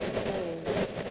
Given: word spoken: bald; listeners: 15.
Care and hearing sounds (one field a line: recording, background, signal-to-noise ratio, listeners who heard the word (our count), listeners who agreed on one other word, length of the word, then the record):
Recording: one English word in noise, from a listening test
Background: noise modulated by three-talker babble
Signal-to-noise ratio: -5.7 dB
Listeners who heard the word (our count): 0 of 15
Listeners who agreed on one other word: 6 of 15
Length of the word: 0.71 s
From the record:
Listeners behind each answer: 6, 2, 2, 1, 1, 1, 1, 1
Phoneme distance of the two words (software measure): 7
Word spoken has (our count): 1 syllable, 4 phonemes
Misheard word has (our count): 1 syllable, 3 phonemes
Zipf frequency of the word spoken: 3.72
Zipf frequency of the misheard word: 5.33